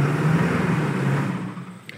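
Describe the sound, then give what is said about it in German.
A motorhome used as a workshop rumbles with a steady low engine drone and broad hiss, then eases off and fades over about two seconds as it drives away toward a meadow. “Und mit diesem Wohnmobil fahren mein Bruder und ich jetzt auf eine Wiese, um mal richtig damit zu fliegen”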